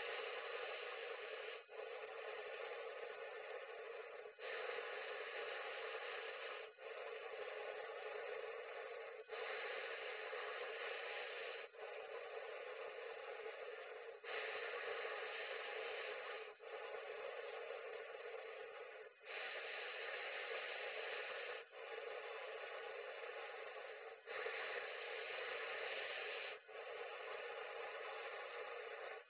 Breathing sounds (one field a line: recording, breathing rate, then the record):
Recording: paced breathing near a phone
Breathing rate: 12 breaths a minute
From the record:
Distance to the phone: 20 cm